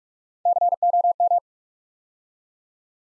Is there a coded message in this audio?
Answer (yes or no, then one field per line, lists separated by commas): yes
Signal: Morse code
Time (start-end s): 0.5-1.4 s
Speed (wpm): 44 wpm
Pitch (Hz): 700 Hz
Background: none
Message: COM